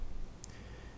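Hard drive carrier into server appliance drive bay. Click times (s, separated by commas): 0.4 s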